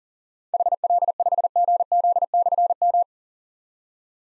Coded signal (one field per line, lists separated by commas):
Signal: Morse code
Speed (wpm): 38 wpm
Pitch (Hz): 700 Hz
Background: none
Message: HL5GZ/M